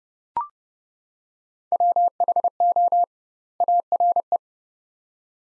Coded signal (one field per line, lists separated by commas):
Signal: Morse code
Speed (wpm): 30 wpm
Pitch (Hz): 700 Hz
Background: none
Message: WHO ARE